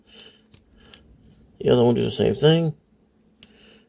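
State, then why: Seated. The second plastic leg of a transforming toy robot is folded down while someone talks, with a few light handling clicks early on. A single sharp click at 3.4 s follows as the leg joint locks into place.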